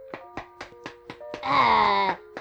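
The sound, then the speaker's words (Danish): A broom handle thumps on someone's back in a quick, steady rhythm of about eight dull blows, while the person lets out a groaning, wavering moan partway through. “Og Julius, hvis du banker mig lidt på ryggen med kosteskaftet.”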